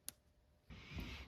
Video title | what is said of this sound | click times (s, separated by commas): How To Install BINQIGOO LED Rear Reflectors - 11th Gen Honda Civic | You'll hear it click in there. | 0.1 s